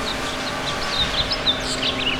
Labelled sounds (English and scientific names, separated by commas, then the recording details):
House Finch (Haemorhous mexicanus) song
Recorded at West Islip on Long Island, New York, on 18 May 2013
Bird N